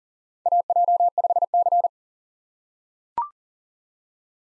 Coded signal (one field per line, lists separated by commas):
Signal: Morse code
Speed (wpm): 40 wpm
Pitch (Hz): 700 Hz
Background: none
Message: AJ5C